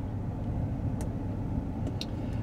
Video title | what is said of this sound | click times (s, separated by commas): Review 1440p Dash Cam from MBHB | make sure it clicks so you know the camera's uh in place | 2.0 s